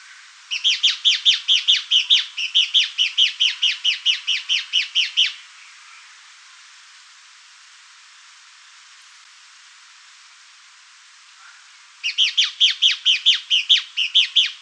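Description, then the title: Fuscous Flycatcher giving a quick, steady series of sharp downslurred chips for about five seconds, a long silence, then another rapid run of similar notes. "LuckyPassaro Completos2Sama. Fuscous Flycatcher (Cnemotriccus fuscatus)"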